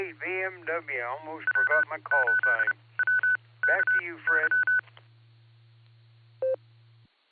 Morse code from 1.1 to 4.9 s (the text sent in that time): W8WKY